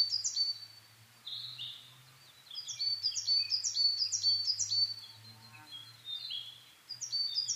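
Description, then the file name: Coal tit with quick sequences of thin, high repeated notes coming in bursts, mixed with lower drawn-out whistles and a faint low hum. Recorded 22 May 2010 at 17:41, Japan. "higara-20100522-1741"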